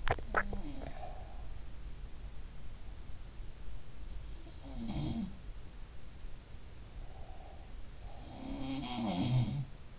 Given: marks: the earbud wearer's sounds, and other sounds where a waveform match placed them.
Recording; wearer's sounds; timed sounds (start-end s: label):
sounds in sleep by an in-ear microphone; swallowing
0.00-1.35 s: swallowing
4.27-5.77 s: sound from someone else or the room
7.91-9.99 s: sound from someone else or the room